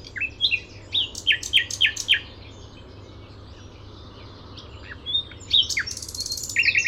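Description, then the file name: Common nightingale song: a quick series of loud, sharp downslurred notes, a quiet pause, then rapid chips and a buzzy trill. "Luscinia megarhynchos"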